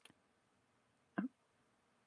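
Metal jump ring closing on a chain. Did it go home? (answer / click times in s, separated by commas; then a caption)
yes / 1.2 s. A metal jewelry jump ring on a chain is twisted closed side to side with two pairs of pliers until its ends meet. After a faint tick near the start, it gives a sharp, louder click at 1.2 s as it clicks closed and seats in place.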